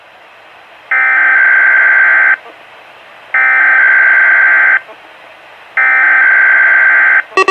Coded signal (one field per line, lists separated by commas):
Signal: Emergency Alert System (SAME) tones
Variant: header bursts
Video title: Weatheradio Canada - Required Weekly Test (EAS #24) 11/07/2012